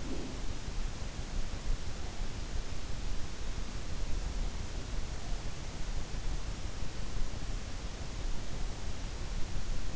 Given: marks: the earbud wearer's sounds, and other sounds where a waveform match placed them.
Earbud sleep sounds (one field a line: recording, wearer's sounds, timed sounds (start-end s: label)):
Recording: sounds in sleep by an in-ear microphone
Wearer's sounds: breath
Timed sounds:
0.00-0.57 s: breath